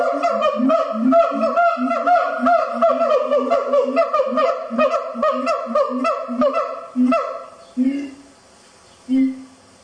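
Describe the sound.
Siamang vocalizing: a fast, excited series of harsh barks over low booms, slowing to a few isolated deep booms at the end.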